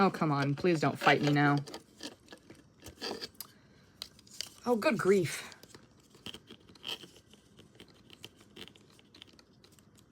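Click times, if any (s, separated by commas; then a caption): none. A plastic part of a transforming robot figure is worked toward its joint while someone talks in frustration. Small plastic ticks, scrapes and handling clicks are scattered through the clip. Nothing has seated or clicked into place yet.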